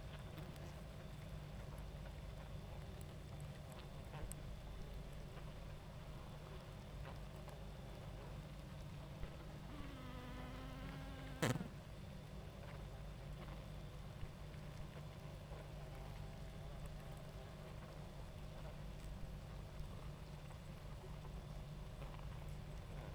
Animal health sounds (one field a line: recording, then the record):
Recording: honeybee colony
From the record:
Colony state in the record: active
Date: 28 July 2017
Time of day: 21:41